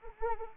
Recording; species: mosquito wingbeat signal from an infrared sensor; Anopheles arabiensis